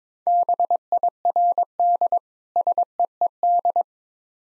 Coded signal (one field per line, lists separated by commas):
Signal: Morse code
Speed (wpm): 22 wpm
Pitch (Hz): 700 Hz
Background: none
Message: BIRD SEED